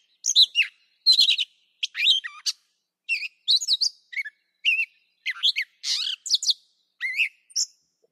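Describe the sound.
Catbird song of squeaky, buzzy and whistled phrases, each a different short figure, delivered in a lively stream with short pauses between notes.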